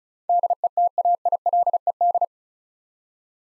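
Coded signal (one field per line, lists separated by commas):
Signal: Morse code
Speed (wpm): 36 wpm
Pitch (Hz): 700 Hz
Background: none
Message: DETAILED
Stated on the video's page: Head-copy drill of eight-letter words at 35 wpm, each word sent in Morse, spoken, then sent again.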